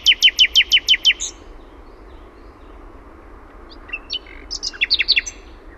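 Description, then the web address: Common nightingale song opening with six loud, evenly spaced repeated notes, a pause, then a varied jumble of quick notes. Own recording made in Finland. "OMAT AANITYKSET ETELAN SATAKIELI"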